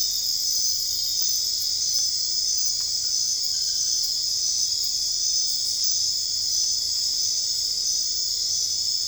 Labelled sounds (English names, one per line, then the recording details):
none
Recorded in dense forest near Puerto Asís, Putumayo, Colombia, on 21 December 2024 at 22:00
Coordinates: 0.485, -76.318
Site GP03